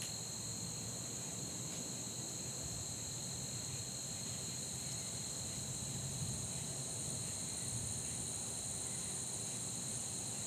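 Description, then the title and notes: Continuous shrill insect hum on two high tones, unbroken for the whole stretch, with faint background rumble. Fall day that felt like late summer, insects droning. "Soundcast: Insects and Acorns. Recorded on a fall day that felt more like late summer, down to the insects droning like the heat"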